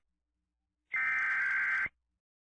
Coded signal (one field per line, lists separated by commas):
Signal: Emergency Alert System (SAME) tones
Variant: header bursts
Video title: Emergency Alert System - Human Minority (S1EP3)